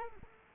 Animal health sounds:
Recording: mosquito wingbeat signal from an infrared sensor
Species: Culex quinquefasciatus

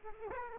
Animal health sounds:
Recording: mosquito wingbeat signal from an infrared sensor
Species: Aedes aegypti

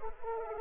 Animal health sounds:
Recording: mosquito wingbeat signal from an infrared sensor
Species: Anopheles arabiensis

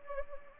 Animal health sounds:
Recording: mosquito wingbeat signal from an infrared sensor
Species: Anopheles gambiae

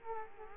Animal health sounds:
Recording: mosquito wingbeat signal from an infrared sensor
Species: Culex quinquefasciatus

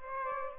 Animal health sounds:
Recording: mosquito wingbeat signal from an infrared sensor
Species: Aedes aegypti

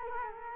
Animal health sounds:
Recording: mosquito wingbeat signal from an infrared sensor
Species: Culex quinquefasciatus

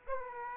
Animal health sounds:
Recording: mosquito wingbeat signal from an infrared sensor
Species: Aedes aegypti

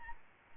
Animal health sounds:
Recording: mosquito wingbeat signal from an infrared sensor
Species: Aedes albopictus

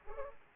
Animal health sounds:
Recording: mosquito wingbeat signal from an infrared sensor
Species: Culex pipiens

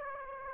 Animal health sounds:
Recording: mosquito wingbeat signal from an infrared sensor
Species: Aedes aegypti

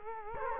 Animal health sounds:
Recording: mosquito wingbeat signal from an infrared sensor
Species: Culex quinquefasciatus

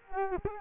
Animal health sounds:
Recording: mosquito wingbeat signal from an infrared sensor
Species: Culex quinquefasciatus

